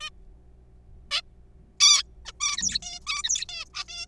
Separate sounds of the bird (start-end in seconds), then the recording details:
0.01-0.10, 1.11-1.21, 1.80-2.03, 2.25-2.32, 2.40-2.57, 2.58-2.79, 2.82-3.00, 3.07-3.23, 3.24-3.45, 3.49-3.65, 3.74-3.84, 3.88-4.06. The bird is a juvenile. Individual R3428